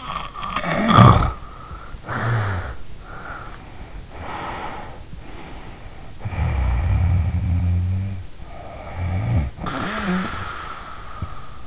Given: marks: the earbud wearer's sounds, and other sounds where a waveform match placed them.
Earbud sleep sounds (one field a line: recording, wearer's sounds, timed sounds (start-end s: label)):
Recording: sounds in sleep by an in-ear microphone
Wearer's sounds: snoring breath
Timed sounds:
0.00-2.88 s: snoring breath
2.99-5.08 s: snoring breath
5.24-8.37 s: snoring breath
8.50-11.67 s: snoring breath